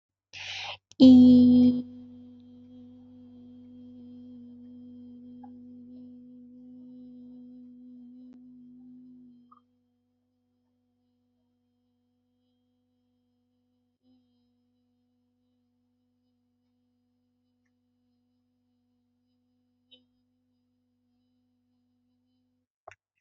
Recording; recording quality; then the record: sustained vowel as in beet; excellent, no background noise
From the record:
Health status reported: healthy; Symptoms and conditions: none ticked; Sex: female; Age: 31 years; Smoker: not ticked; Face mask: not worn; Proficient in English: yes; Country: India